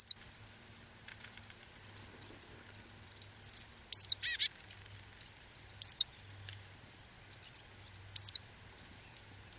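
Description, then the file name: Marsh tit calls: thin high arched notes given singly or in pairs every second or two, with faint background rustle and a brief buzzy burst. "Poecile palustris"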